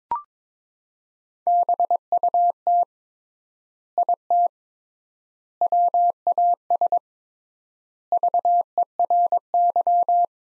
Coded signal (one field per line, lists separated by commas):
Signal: Morse code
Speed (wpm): 22 wpm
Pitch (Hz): 700 Hz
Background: none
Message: BUT IT WAS VERY